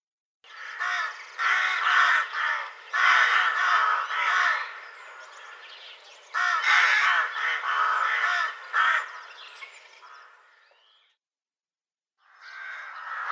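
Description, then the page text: Rook giving a dense run of harsh, grating caws that fades out, then another caw starts near the end. Rook recorded in Russia. "Голоса птиц России - Грач (Corvus frugilegus)"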